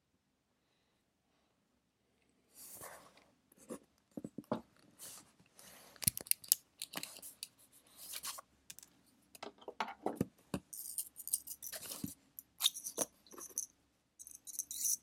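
Pencil scratching on paper while studying, starting after about two seconds of near silence. Short, dry scrapes and strokes come in irregular bursts, some light and hissy, others sharper taps, with a faint steady low hum underneath throughout.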